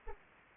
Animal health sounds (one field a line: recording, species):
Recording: mosquito wingbeat signal from an infrared sensor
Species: Anopheles arabiensis